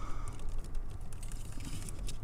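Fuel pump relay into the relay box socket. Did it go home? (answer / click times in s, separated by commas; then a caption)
no / none. A plastic plug-in fuel pump relay is pushed into its socket in the fuse and relay box of a 1997-2002 Accord, with only faint scraping, light tapping and a low background rumble heard. No click sounds at any point, so nothing has clicked into place yet, even though the relay feels like it is in.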